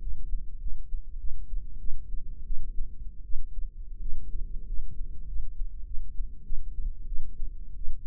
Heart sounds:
heart sounds by microphone in the right ear; 93 bpm
0.01 s: heartbeat
0.61 s: heartbeat
1.20 s: heartbeat
1.80 s: heartbeat
2.46 s: heartbeat
3.25 s: heartbeat
4.01 s: heartbeat
4.67 s: heartbeat
5.28 s: heartbeat
5.86 s: heartbeat
6.45 s: heartbeat
7.08 s: heartbeat
7.77 s: heartbeat
From the record:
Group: healthy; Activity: rest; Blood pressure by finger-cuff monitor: 116/73 mmHg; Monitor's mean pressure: 88 mmHg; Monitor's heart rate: 97 bpm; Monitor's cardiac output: 8 L/min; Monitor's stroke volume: 88 mL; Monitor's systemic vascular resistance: 800 dyn s/cm5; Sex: female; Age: 22 years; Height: 157 cm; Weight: 47.6 kg

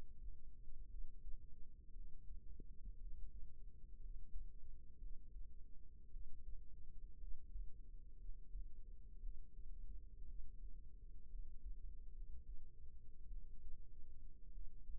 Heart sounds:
heart sounds by microphone in the right ear; 57 bpm
0.86 s: heartbeat
1.89 s: heartbeat
2.94 s: heartbeat
3.97 s: heartbeat
4.96 s: heartbeat
6.08 s: heartbeat
7.15 s: heartbeat
8.16 s: heartbeat
9.18 s: heartbeat
10.23 s: heartbeat
11.26 s: heartbeat
12.09 s: heartbeat
13.26 s: heartbeat
14.49 s: heartbeat
From the record:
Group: healthy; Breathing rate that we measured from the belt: 16 breaths a minute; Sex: female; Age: 37 years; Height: 168 cm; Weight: 70 kg

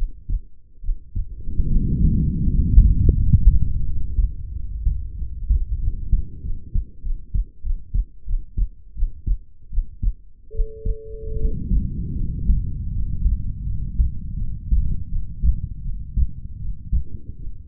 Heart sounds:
heart sounds by stethoscope; 83 bpm
0.81 s: heartbeat
1.68 s: heartbeat
2.43 s: heartbeat
3.13 s: heartbeat
3.83 s: heartbeat
4.51 s: heartbeat
5.16 s: heartbeat
5.79 s: heartbeat
6.41 s: heartbeat
7.02 s: heartbeat
7.62 s: heartbeat
8.26 s: heartbeat
8.94 s: heartbeat
9.70 s: heartbeat
10.52 s: heartbeat
11.37 s: heartbeat
12.16 s: heartbeat
12.91 s: heartbeat
13.65 s: heartbeat
14.37 s: heartbeat
15.09 s: heartbeat
15.82 s: heartbeat
16.58 s: heartbeat
17.37 s: heartbeat
From the record:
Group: healthy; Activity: rest 0-7 s, breath hold 7-18 s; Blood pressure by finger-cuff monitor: 110/72 mmHg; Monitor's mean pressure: 91 mmHg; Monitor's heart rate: 81 bpm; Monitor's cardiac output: 6.7 L/min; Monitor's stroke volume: 82 mL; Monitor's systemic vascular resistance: 990 dyn s/cm5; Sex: female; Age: 22 years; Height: 160 cm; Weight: 45 kg

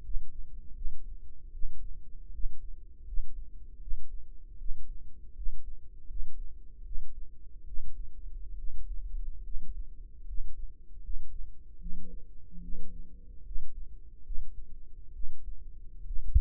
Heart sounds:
heart sounds by microphone in the right ear; 75 bpm
0.02 s: heartbeat
0.74 s: heartbeat
1.52 s: heartbeat
2.31 s: heartbeat
3.05 s: heartbeat
3.79 s: heartbeat
4.58 s: heartbeat
5.34 s: heartbeat
6.07 s: heartbeat
6.83 s: heartbeat
7.65 s: heartbeat
8.56 s: heartbeat
9.43 s: heartbeat
10.25 s: heartbeat
11.01 s: heartbeat
11.78 s: heartbeat
12.61 s: heartbeat
13.43 s: heartbeat
14.23 s: heartbeat
15.12 s: heartbeat
16.04 s: heartbeat
From the record:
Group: healthy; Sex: female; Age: 22 years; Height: 163 cm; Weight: 67.1 kg

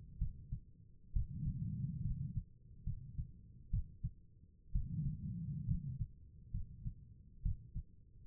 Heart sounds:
heart sounds by stethoscope; 66 bpm
0.19 s: heartbeat
1.13 s: heartbeat
2.02 s: heartbeat
2.84 s: heartbeat
3.71 s: heartbeat
4.72 s: heartbeat
5.66 s: heartbeat
6.51 s: heartbeat
7.43 s: heartbeat
From the record:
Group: healthy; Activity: rest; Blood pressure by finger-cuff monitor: 103/65 mmHg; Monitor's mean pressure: 75 mmHg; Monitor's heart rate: 70 bpm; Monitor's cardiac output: 5.1 L/min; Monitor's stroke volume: 77 mL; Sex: female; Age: 36 years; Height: 163 cm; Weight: 88 kg

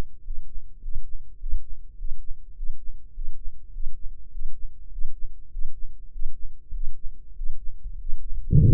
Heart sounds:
heart sounds by microphone in the left ear; 100 bpm
0.20 s: heartbeat
0.78 s: heartbeat
1.36 s: heartbeat
1.94 s: heartbeat
2.53 s: heartbeat
3.11 s: heartbeat
3.70 s: heartbeat
4.29 s: heartbeat
4.89 s: heartbeat
5.49 s: heartbeat
6.09 s: heartbeat
6.71 s: heartbeat
7.33 s: heartbeat
7.97 s: heartbeat
8.60 s: heartbeat
From the record:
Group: healthy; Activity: Valsalva maneuver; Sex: male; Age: 23 years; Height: 178 cm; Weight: 96.6 kg

